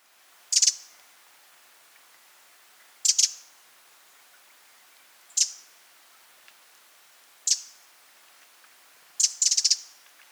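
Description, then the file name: Eurasian wren giving sharp, high ticking calls in brief bursts roughly every two seconds, the last burst a quick clicking rattle. "Troglodytes troglodytes"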